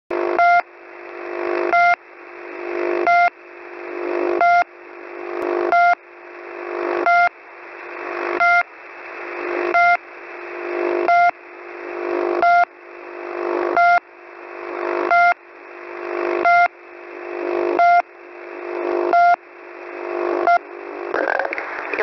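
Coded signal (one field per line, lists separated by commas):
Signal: channel marker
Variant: The Pip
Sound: short buzzy pips about every 1.3 seconds, each followed by swelling hiss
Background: radio static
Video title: The Pip sub FRQ Voice Message February 26, 2021 11:39 UTC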